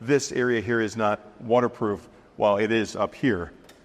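A man talks while handling the hinged cap of the rear bumper storage tube on a 2025 Caravel travel trailer, which is up and open, about to be closed. Nothing has seated or clicked yet; the clip ends before the cap latches shut.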